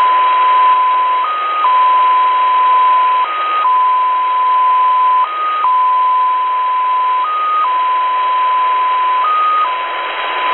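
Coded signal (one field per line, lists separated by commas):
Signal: numbers station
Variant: XPA2 polytone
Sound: steady tone with a short higher step about every 2 seconds over hiss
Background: radio static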